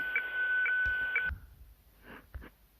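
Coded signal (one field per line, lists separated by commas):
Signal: weather fax (radiofax)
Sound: steady mid-pitched tone with a short higher chirp every half second, about 1.3 seconds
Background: radio static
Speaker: this is how it sounds when you are starting to capture an image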